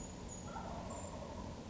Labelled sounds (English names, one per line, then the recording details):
Wild Turkey
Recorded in Sonoma County, California